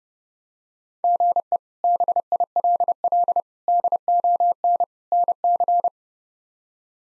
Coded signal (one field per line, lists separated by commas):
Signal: Morse code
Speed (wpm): 32 wpm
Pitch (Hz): 700 Hz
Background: none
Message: GE BILL DON NC